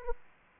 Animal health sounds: mosquito wingbeat signal from an infrared sensor; Aedes aegypti

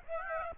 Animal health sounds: mosquito wingbeat signal from an infrared sensor; Aedes aegypti

